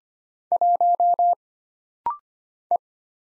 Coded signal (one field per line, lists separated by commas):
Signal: Morse code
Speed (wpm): 25 wpm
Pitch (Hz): 700 Hz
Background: none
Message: 1 E